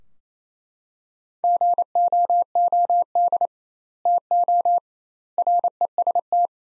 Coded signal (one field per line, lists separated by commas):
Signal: Morse code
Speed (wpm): 27 wpm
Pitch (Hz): 700 Hz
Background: none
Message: GOOD TO REST